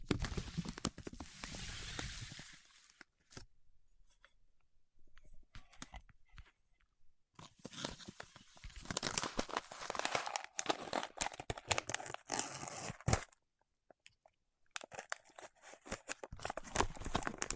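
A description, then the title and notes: Fingertips work over wax in bursts of sticky, crinkly crackling and sharp clicks, bright and uneven in rhythm. The sounds are densest in the first two seconds, again from about 8 to 13 seconds, and near the end, with mostly quiet stretches between. ASMR with Wax Fingertips for Sleep (No Talking).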